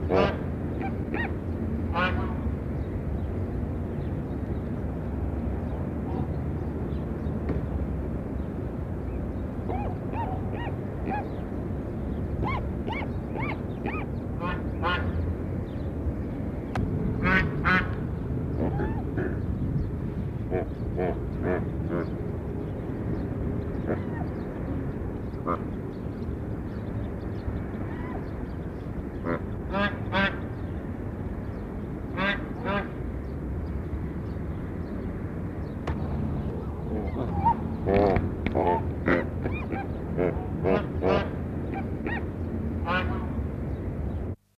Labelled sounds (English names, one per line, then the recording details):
Guanay Cormorant courtship call
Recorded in captivity
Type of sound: courtship call
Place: Wilhelma Stuttgart, Baden-Württemberg, DE
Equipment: Halbspur, 9,5 cm/s
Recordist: Lütgens, Hans
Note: Balzartig